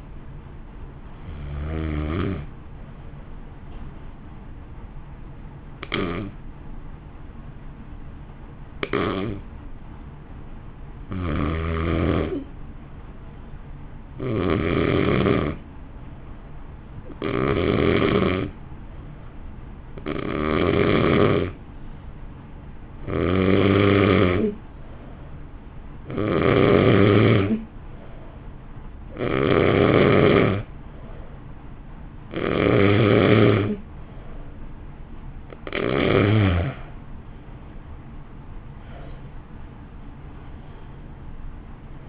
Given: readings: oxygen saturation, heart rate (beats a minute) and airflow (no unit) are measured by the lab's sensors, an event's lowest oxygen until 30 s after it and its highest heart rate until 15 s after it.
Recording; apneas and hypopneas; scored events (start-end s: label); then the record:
breathing in sleep by a smartphone at the bedside; 1
4.00-26.70 s: hypopnea (N2, oxygen 95% highest, then 88% lowest, heart rate 50 at the start, 57 highest)
31.00-42.09 s: new sleep stage, N1 (lightest sleep)
From the record:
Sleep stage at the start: N2 (light sleep); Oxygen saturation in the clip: 85 to 95%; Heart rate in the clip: 49 to 57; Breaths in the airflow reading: 12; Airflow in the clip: -1.1 to 1.7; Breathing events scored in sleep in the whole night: 328 in 6.3 hours asleep